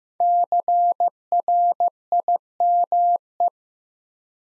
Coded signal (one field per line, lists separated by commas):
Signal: Morse code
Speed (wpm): 15 wpm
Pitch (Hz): 700 Hz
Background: none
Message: CRIME